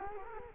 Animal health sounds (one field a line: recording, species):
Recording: mosquito wingbeat signal from an infrared sensor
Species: Culex quinquefasciatus